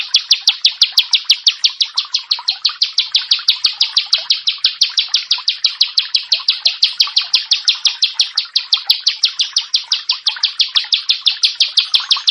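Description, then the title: Bar-winged prinia song: a long, steady, rapid series of sharp, high chipping notes, continuing without pause. "Ciblek Sawah 1"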